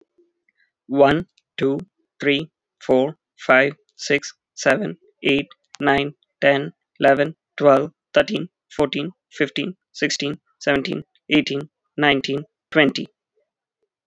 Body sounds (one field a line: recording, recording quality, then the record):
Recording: counting at a normal pace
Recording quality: excellent, no background noise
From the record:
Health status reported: healthy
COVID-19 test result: not tested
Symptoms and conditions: cough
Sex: male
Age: 27 years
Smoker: not ticked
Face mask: not worn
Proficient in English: yes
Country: India